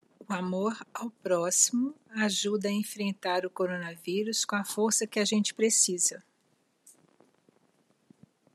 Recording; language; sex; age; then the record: spoken sentence; Brazilian Portuguese; female; 60 to 69 years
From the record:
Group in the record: control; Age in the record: 60 years